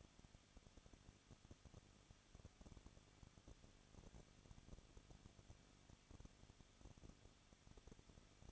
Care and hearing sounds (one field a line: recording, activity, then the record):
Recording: daily activity, microphone in the room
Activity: no activity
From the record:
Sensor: 4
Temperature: 23.0 degrees Celsius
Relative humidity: 34.4%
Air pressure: 1007.3 hPa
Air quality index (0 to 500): 216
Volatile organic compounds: 15 ppm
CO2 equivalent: 2508 ppm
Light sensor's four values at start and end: 2/3/1/1 and 2/3/1/1